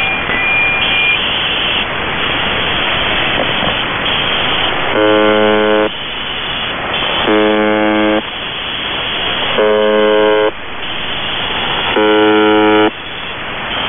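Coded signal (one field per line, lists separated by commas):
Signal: channel marker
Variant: UVB-76 (The Buzzer)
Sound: hissing static, then four harsh one-second buzzes repeating about every two and a half seconds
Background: radio static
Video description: "The Buzzer" is a Russian military radiostation that broadcasts on 4625 kHz.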